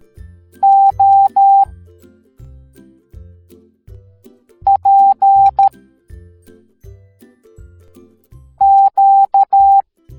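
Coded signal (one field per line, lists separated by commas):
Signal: Morse code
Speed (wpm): 13 wpm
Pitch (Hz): 790 Hz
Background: music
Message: O P Q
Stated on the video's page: Morse code alphabet taught in a cartoon for kids.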